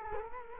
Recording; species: mosquito wingbeat signal from an infrared sensor; Culex quinquefasciatus